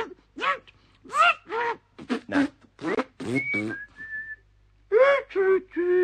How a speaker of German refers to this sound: Nein, das Pfeifen kann ich nicht. Aber das kann ich ja auch nicht, wenn ich sehr lustig bin, weißt du?